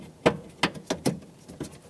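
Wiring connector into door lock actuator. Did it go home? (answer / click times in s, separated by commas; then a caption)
no / none. An electrical wiring connector is being handled at the bottom of the front driver's side door lock actuator on a 1998–2002 Lincoln Navigator while it is pushed back on. A series of short, sharp taps and knocks sounds at about 0.3, 0.6, 0.9, 1.1 and 1.6 seconds. The connector has not seated or clicked into place yet.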